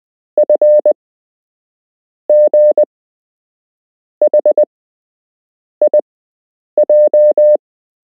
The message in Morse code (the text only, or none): FGHIJ